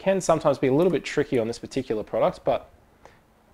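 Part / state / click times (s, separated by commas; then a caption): microSD card in IP camera card slot / released / 3.0 s. Someone talks, then pushes a microSD card in the push-push holder of an IP camera's card slot again. At 3.0 s a short, faint click is heard as the card releases and pops out of the slot.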